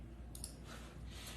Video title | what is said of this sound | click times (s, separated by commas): SARDA™ Live Daily Specials: October 12, 2023 | and then you just you'll hear that little snap that goes in to snap in | 0.4 s